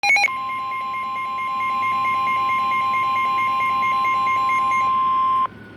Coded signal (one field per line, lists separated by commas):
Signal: Emergency Alert System (SAME) tones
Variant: 1050 Hz attention tone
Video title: EAS/NWR Alert or message #251-252: Double header Areal Flood Warnings